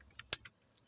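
An airbag wiring plug is pushed into its socket on the steering spiral (clock spring) while the faulty spiral is being replaced. One sharp, loud click comes at 0.3 s, surrounded by a few faint ticks. The plug is seated and connected.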